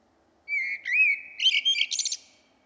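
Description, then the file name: Common blackbird song: a smooth, fluty whistled phrase that wavers and rises, then breaks into a quick, high twittering flourish. "Turdus merula"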